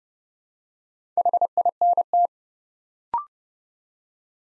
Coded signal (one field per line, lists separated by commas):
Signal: Morse code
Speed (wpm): 29 wpm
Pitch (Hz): 700 Hz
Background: none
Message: HINT